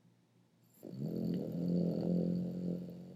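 A dog snoring while asleep: a low, droning snore sustained over a couple of seconds.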